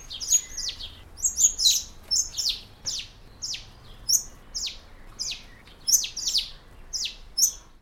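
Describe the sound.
Honeyeater calls: sharp, high chirps given singly and in quick clusters throughout, some notes sweeping downward, with little else audible.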